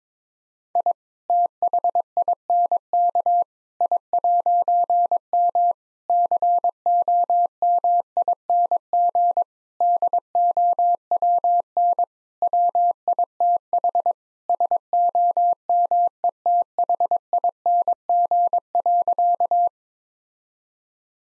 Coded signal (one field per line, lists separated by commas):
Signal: Morse code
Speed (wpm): 22 wpm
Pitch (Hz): 700 Hz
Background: none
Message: I THINK I'M COMING DOWN WITH SOMETHING.